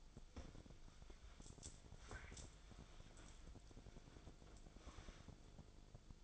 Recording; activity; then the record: daily activity, microphone in the room; wipe stove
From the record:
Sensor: 5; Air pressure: 1000.6 hPa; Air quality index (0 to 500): 156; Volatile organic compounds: 2 ppm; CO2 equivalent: 1196 ppm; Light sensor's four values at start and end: 51/108/50/56 and 51/109/50/56